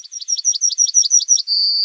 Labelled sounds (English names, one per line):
Yellowhammer song